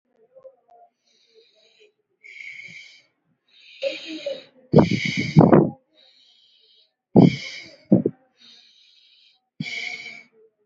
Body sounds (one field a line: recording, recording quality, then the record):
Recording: shallow breathing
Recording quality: excellent, no background noise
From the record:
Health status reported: healthy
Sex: female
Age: 32 years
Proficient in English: yes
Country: India